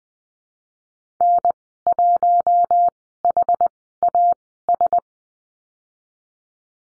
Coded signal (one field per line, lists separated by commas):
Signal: Morse code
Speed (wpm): 20 wpm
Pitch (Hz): 700 Hz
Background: none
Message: N1HAS